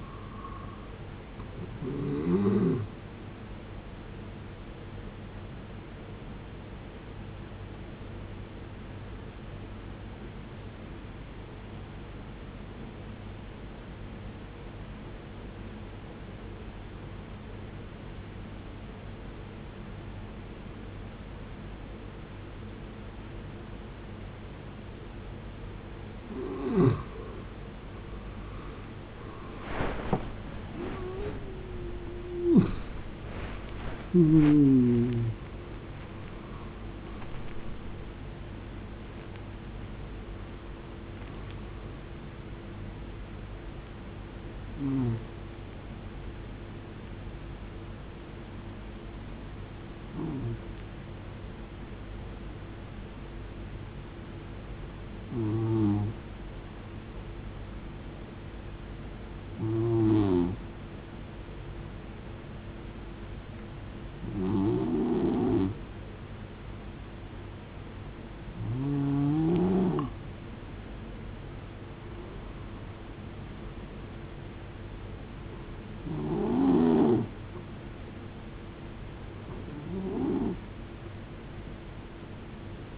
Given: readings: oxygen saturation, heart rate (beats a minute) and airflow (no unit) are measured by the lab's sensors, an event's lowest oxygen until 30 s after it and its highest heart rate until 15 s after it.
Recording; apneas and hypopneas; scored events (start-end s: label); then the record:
breathing in sleep by a voice recorder at the bedside; 2
8.00-28.10 s: obstructive apnea (N1, oxygen 94% highest, then 90% lowest, heart rate 61 at the start, 90 highest)
51.00-73.10 s: hypopnea (N1, oxygen 96% highest, then 90% lowest, heart rate 57 at the start, 73 highest)
51.00-82.98 s: new sleep stage, N2 (light sleep)
From the record:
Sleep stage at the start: N1 (lightest sleep); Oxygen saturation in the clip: 86 to 96%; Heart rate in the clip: 55 to 90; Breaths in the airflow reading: 15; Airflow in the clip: -18.3 to 21.7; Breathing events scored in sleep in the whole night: 389 in 6.3 hours asleep